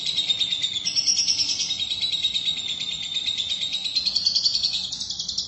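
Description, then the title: Lovebird song, a continuous, fast, shrill twittering chatter over a low background hiss. "BM Suara Burung Lovebird"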